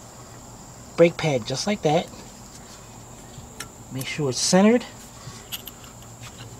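A rear brake pad for a 1997-2002 Ford Expedition is positioned and centered against the caliper piston in the brake caliper before being pushed down into place, while someone talks over a steady, high cricket-like chirping. Brief sharp ticks at about 3.6 s and 5.7 s. Nothing has seated or clicked yet.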